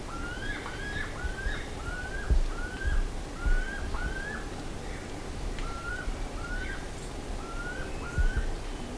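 Bird calls, hooked whistled notes repeated in a steady series with a pause midway, over a low steady rumble.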